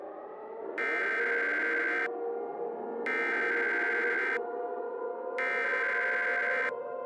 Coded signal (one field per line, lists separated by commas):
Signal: Emergency Alert System (SAME) tones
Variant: header bursts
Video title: The Great South Blizzard- EAS Scenario (REMAKE)